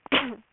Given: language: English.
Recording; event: throat vibration sensor signal played as sound; cough